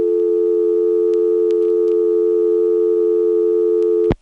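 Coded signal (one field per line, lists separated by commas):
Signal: telephone call progress tone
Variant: North America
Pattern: dial tone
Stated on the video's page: Telephone call progress tones from a senderized step-by-step switching office in Lexington, South Carolina.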